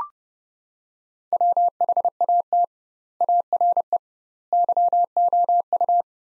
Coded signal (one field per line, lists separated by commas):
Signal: Morse code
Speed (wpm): 32 wpm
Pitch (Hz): 700 Hz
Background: none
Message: WHAT ARE YOU